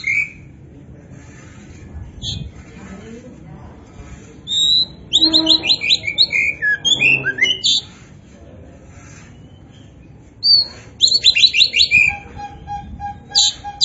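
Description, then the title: Oriental magpie-robin song: bursts of loud, varied whistles and rapid buzzy chattering notes, separated by quiet pauses, with a low background hum. Singing strongly (gacor). "Kacer Poci"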